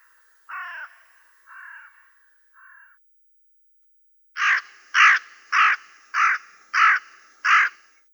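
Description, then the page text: Hooded crow giving three softer calls, then a series of six loud harsh caws in quick succession. "аудиоопределитель Б.Н. и О.Д. Вепринцевых) Серая ворона"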